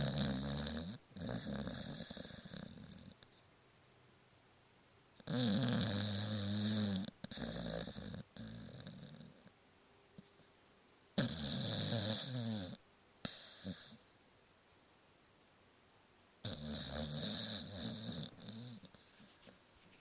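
A small dog snores in four long, raspy, fluttering breaths, about twelve a minute, with quiet pauses between.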